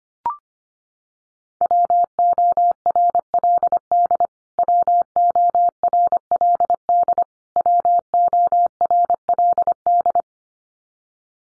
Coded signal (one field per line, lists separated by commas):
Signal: Morse code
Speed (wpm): 25 wpm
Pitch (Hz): 700 Hz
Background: none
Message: WORLD WORLD WORLD